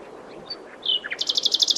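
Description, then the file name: Common nightingale singing: a short whistled note and a downslurred note, then a rapid, even rattle of bright repeated notes. "Luscinia megarhynchos"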